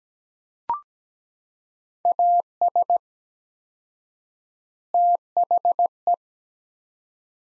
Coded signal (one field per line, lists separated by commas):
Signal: Morse code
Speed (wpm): 17 wpm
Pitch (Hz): 700 Hz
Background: none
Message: AS THE